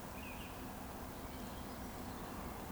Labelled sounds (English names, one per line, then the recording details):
Eurasian Woodcock whistle
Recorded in Baden-Württemberg, Germany, on 12 June 2020 at 19:52 UTC
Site 14569, 102 m above sea level